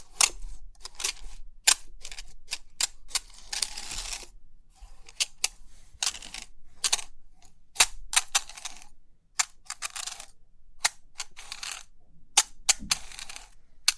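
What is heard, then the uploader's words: Pin art toy pins click and clatter in a quick, irregular run of crisp, bright taps. Dense bursts of rattling pins sweep through around four seconds and again near ten seconds, with short quiet gaps between the sharper single clicks. Crisp 3D Pin Art Tingles(No Talking).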